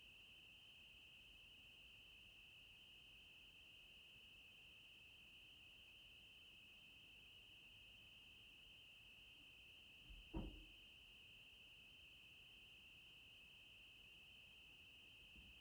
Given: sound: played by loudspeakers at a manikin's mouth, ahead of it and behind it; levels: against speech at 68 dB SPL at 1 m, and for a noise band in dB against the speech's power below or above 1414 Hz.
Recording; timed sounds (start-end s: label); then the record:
test signals for a remote microphone
0.00-15.61 s: noise band at 2828 Hz, as loud as that band is in speech
From the record:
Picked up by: measurement microphone